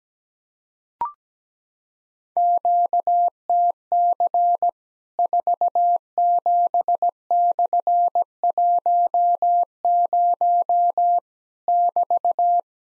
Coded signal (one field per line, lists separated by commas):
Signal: Morse code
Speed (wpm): 17 wpm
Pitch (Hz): 700 Hz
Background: none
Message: QTC 47/10 <BT>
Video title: Worked All Europe DX Contest QTC Exchange with Repeats 17wpm